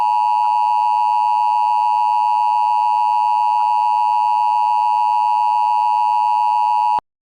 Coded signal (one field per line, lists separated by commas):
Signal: Emergency Alert System (SAME) tones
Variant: 853 and 960 Hz attention tone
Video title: simulacion EAS - alerta de tormenta severa pra Pennsylvania y New Jersey